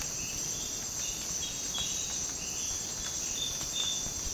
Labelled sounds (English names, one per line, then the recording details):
none
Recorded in secondary vegetation near Puerto Asís, Putumayo, Colombia, on 25 June 2025 at 06:00
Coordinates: 0.484, -76.319
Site G074